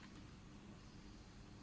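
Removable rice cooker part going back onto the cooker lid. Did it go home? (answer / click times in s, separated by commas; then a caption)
no / none. A removable part of a Toshiba Honatsukama Series 1L rice cooker is being lined up as it goes back onto the cooker lid. Only a steady low hum and broadband background noise are heard, with no distinct hits. Nothing has clicked into place yet.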